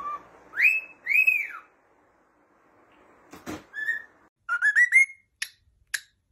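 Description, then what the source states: Cockatiel sings two long arched whistles rising and falling, a click, then a short burst of quickly rising notes and sharp chips. Several cockatiels singing and whistling.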